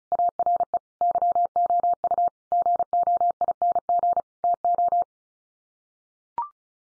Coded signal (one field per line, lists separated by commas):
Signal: Morse code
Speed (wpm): 34 wpm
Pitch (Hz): 700 Hz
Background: none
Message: ARE YOU GOING TO